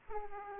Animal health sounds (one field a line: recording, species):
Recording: mosquito wingbeat signal from an infrared sensor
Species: Aedes aegypti